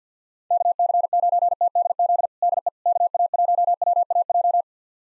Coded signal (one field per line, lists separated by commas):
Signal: Morse code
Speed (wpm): 50 wpm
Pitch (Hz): 700 Hz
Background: none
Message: KC9TDZ DE KA1WAJ